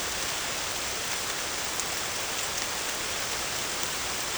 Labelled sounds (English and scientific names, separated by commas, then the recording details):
none
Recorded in secondary vegetation near Puerto Asís, Putumayo, Colombia, on 18 December 2024 at 23:00
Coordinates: 0.489, -76.322
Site G059